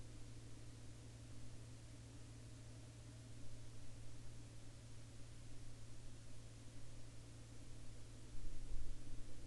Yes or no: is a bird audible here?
no